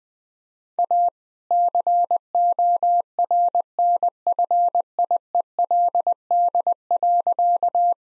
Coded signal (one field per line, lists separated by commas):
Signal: Morse code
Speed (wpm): 21 wpm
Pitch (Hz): 700 Hz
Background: none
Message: A CORNFIELD.